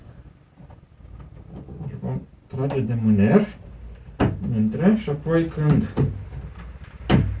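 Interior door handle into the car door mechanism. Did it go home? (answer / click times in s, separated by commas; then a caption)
yes / 7.1 s. While reassembling a jammed Kia Cee'd car door, the interior door handle is pulled and then pushed until it catches into the door mechanism. Someone talks throughout, with a sharp transient near 4.2 s. A clear click at 7.1 s marks the handle seating and catching into place.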